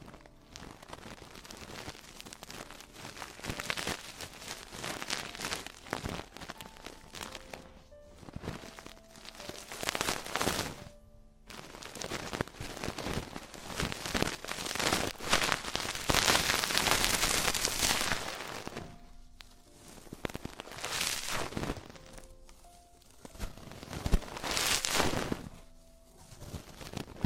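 Traditional Chinese ear cleaning and earwax removal, heard as dense crackling, scraping and rustling that keeps going with little pause. Short whistling tones appear now and then, around 7–10 and 22–25 seconds. A louder, hissier scratching burst comes near 16–18 seconds.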